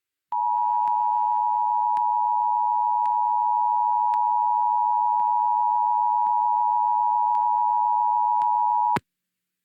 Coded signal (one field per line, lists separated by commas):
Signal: Emergency Alert System (SAME) tones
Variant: 853 and 960 Hz attention tone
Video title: San Diego RMT on KOGO 600 (EAS #895) 1/1/25